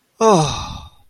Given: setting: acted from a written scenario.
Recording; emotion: vocal sound without words; relief